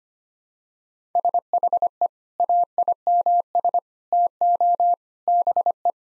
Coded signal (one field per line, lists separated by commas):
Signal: Morse code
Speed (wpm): 25 wpm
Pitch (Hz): 700 Hz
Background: none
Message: SHE AIMS TO BE